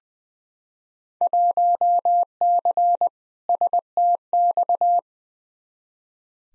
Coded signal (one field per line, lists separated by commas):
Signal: Morse code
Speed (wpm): 20 wpm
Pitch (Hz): 700 Hz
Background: none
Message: 1C STX